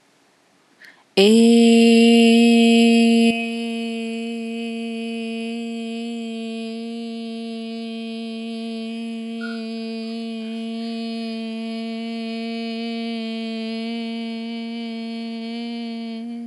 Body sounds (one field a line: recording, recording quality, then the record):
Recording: sustained vowel as in made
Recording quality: excellent, no background noise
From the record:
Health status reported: healthy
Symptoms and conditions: none ticked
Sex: female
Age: 32 years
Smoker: not ticked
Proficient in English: yes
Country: India